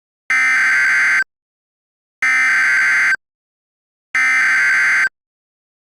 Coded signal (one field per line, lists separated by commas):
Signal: Emergency Alert System (SAME) tones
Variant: header bursts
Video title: (PREVIEW) Gabriel.EXE: An EAS Scenario